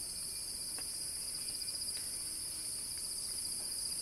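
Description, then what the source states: Shrill cicada buzzing holds steady across the whole moment, with a couple of faint ticks. Cicada song building in a crescendo.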